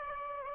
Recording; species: mosquito wingbeat signal from an infrared sensor; Aedes aegypti